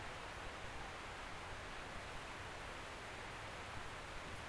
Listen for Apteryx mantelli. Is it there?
no